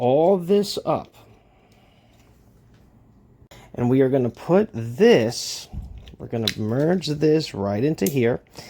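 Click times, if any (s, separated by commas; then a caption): none. Someone talks while lining up a plastic assembly of a Masterpiece Transformers MP-29+ Shockwave figure before merging it into the figure's body, with only quiet handling and alignment noises, including faint taps around 2.7 s and 3.5 s. Nothing has locked or clicked into place yet.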